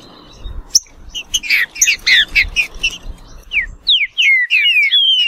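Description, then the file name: Green-winged saltator singing, with loud choppy notes at first over low rumbling noise, then clear descending and level whistles in quick succession. "canto do trinca ferro"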